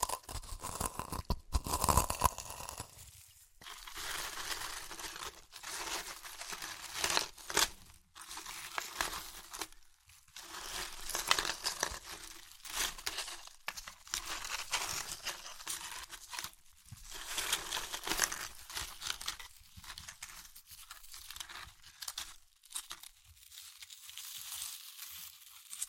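Chips being crushed and crunched, with dense crackling and crinkling that runs almost without pause for the whole stretch. The sound is bright and gritty, coming in uneven bursts with a few brief gaps, and a louder burst arrives early on.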